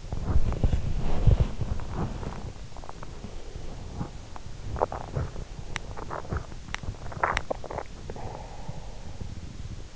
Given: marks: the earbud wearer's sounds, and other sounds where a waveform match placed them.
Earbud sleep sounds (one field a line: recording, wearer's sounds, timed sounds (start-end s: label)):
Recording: sounds in sleep by an in-ear microphone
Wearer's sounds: body movement, breath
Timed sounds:
0.00-8.05 s: body movement
2.81-3.78 s: breath
8.08-9.21 s: breath